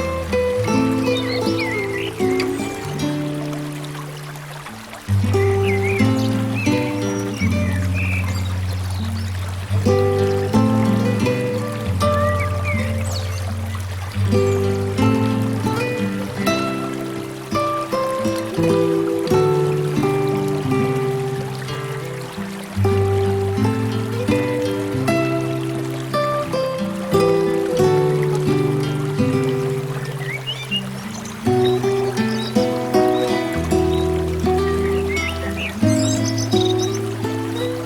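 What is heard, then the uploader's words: Piano music plays throughout, with sustained low bass notes shifting every few seconds beneath chords and brighter melodic notes above. A steady trickling water sound runs underneath the whole time. The level stays fairly even, with a brief dip and fresh attack near five seconds. Piano music with river sounds.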